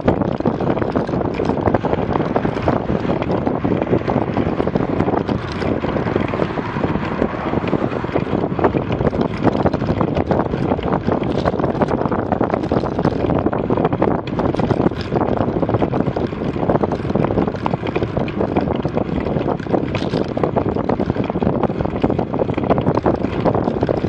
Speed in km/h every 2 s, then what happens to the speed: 33, 33, 33, 32, 32, 31, 31, 31, 30, 30, 30, 30.
0-24 steady at about 31.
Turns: none.